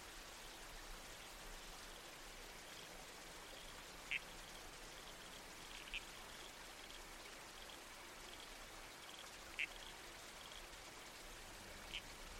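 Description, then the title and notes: Red-crowned toadlet uttering four isolated, clipped calls at irregular intervals, with continuous creek babble and wind behind them. Nighttime soundscape in the bush with a babbling creek and trees swaying in the wind, from a nocturnal-wildlife series supported by the Australian Museum. "Red-Crowned Toadlet. Nocturnal Worlds"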